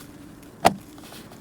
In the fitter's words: And you might have heard a little click right there.